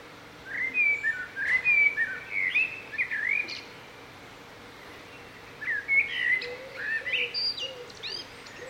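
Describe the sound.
Bird song: bursts of clear, slurred whistles and chirps in two phrases, with a soft low warble joining near the end over quiet background noise.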